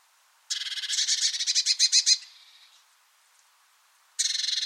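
Bird giving a long pulsed rattle that fades into a softer trill, then another harsh burst begins at the end.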